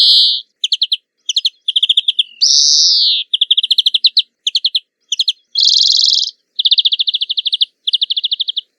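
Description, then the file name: Greenfinch singing, with quick twittering trills broken by two long nasal wheezes and ending in steady rolling trills. "Verdone"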